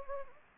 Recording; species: mosquito wingbeat signal from an infrared sensor; Anopheles gambiae